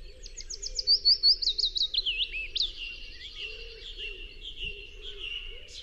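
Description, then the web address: Willow warbler singing a clear cascade of high notes that drop gradually in pitch, followed by softer trailing notes over a low steady hum. "chant Pouillot fitis"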